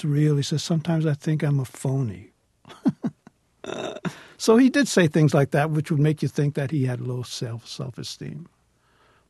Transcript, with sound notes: He says: Sometimes I think I'm a phony.
(SOUNDBITE OF LAUGHTER)
So he did say things like that, which would make you think that he had low self-esteem.